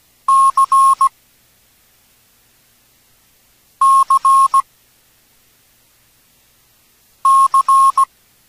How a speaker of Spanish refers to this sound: Escucharás la codificación en código Morse de la letra por varias ocasiones y después diremos cuál fue esa letra.